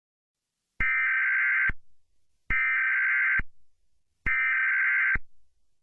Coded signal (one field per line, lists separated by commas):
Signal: Emergency Alert System (SAME) tones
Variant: header bursts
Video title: EAS Scenario/Mock #6 - Water Girl Attacks